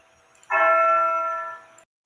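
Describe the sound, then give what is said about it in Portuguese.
A clock chimes once as it is being taken off and removed: a bright, bell-like tone with rich overtones that rings steadily for over a second before cutting off abruptly. No one speaks. “Deixa eu tirar o relógio aqui.”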